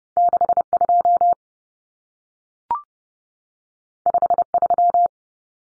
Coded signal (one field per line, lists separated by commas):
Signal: Morse code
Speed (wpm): 30 wpm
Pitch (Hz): 700 Hz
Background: none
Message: 62 53